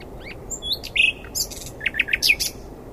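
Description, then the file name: Common nightingale giving a brief string of varied chirps and whistled notes, with short gaps between them. "Luscinia megarhynchos"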